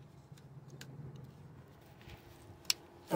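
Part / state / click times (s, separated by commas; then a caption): wiring harness connector onto transmission fluid pressure switch / seated / 2.7 s. A wiring harness connector is pushed onto the transmission fluid pressure switch of a Honda Pilot 3.5 from under the side of the car, after a test for code P0848 (3DR clutch). Low handling noise and faint ticks lead to a sharp, loud click at 2.7 s as the connector latches and seats.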